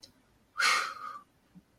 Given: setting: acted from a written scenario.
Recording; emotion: vocal sound without words; relief